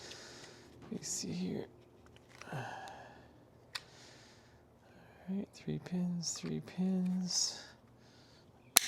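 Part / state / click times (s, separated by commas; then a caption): 3-pin brake light flasher adapter plug into brake light wiring connector / seated / 8.8 s. On a 2024 Can-Am Spyder, a 3-pin brake light flasher adapter plug is lined up and pushed with a lot of force into the brake light wiring connector while someone talks quietly. A loud, sharp snap at 8.8 seconds marks the connector clicking in, and the plug is confirmed seated.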